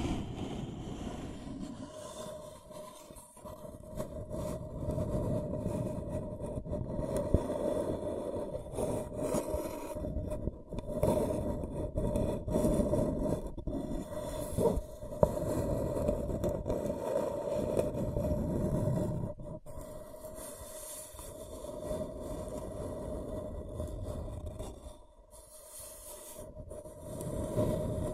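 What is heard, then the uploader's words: Scratching and tracing sounds rub along steadily for most of the clip, dense and mostly low, with a faint steady tone running underneath. Short sharp scrapes break through near 7, 10 and 15 seconds, and the rubbing eases off briefly around 19 and 25 seconds. ASMR Brain Tingling Scratching & Tracing (No Talking).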